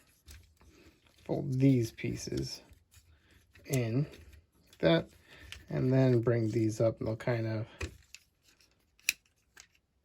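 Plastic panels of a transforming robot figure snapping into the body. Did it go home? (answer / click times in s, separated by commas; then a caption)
yes / 9.1 s. Plastic panels of a Fans Hobby MB-14 Kap transforming robot figure are folded in and brought up into the body while someone talks. After a few soft handling clicks, a sharp snap at 9.1 s marks the pieces popping into place.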